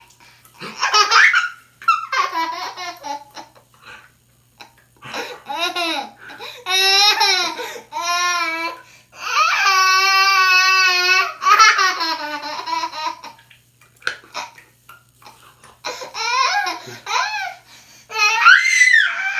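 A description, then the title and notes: A giggly, high-pitched laugh comes in bursts throughout, some short and choppy, others drawn out into long squealing tones around ten to twelve seconds. Brief silent gaps separate the fits. A faint low hum runs underneath. Giggly laugh.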